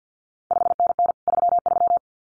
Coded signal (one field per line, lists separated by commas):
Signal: Morse code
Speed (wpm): 50 wpm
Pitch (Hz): 700 Hz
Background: none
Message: 5NN 33